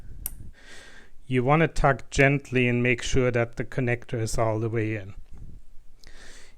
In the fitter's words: lining it up with the key on top and then sliding in it listen for the click